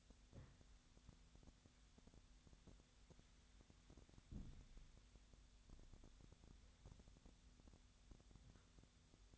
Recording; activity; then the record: daily activity, microphone in the room; wipe stove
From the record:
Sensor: 3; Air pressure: 1007.1 hPa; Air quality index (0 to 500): 204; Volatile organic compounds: 18 ppm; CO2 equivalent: 2617 ppm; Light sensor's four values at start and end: 11/27/11/11 and 11/27/11/11